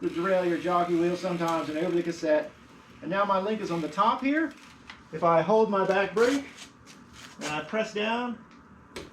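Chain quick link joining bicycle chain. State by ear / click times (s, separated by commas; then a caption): seated / 9.0 s. Someone talks while a steel quick link on the chain of a 2022 Norco Sight mountain bike is set on top of the cassette, then the rear brake is held and the pedal pressed down. At 9.0 s the quick link's halves snap together with a short, sharp click and lock into place, the chain joined and seated.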